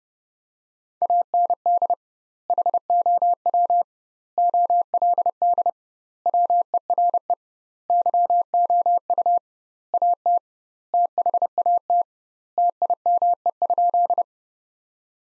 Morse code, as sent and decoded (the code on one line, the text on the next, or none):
.- -. -.. / .... --- .-- / --- .-.. -.. / .-- . .-. . / -.-- --- ..- / .- - / - .... .- - / - .. -- . ..--..
AND HOW OLD WERE YOU AT THAT TIME?